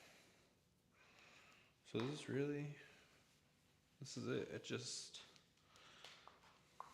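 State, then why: Seated. Someone talks while fitting an unidentified part into its holder or mount during setup. After the speech, a few faint taps follow, and a sharp click at 6.8 s marks the part snapping into place, seated.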